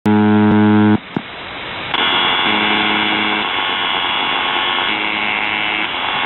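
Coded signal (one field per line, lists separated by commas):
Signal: channel marker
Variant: UVB-76 (The Buzzer)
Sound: one loud, roughly one-second low harsh buzz, then hissy static with fainter buzzing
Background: radio static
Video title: The Buzzer/UVB-76(4625Khz) May 8th, 2023 Voice messages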